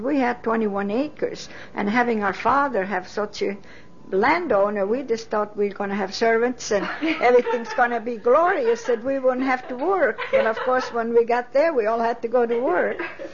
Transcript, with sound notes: We had twenty-one acres, and having our father be such a landowner, we just thought we were going to have servants and everything was going to be glorious, that we wouldn't have to work. (laughs) And, of course, when we got there, we all had to go to work.